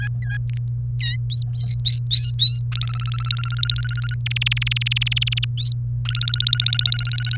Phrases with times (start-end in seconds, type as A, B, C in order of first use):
0.00-0.08 A, 0.22-0.37 B, 1.00-1.16 B, 1.30-2.59 C, 2.72-4.14 D, 4.26-5.45 E, 6.05-7.37 D